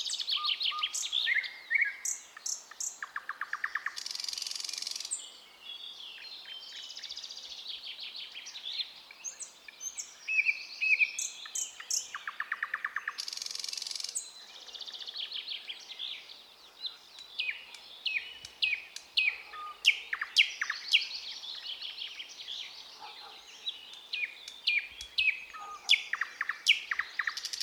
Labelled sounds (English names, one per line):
Thrush Nightingale song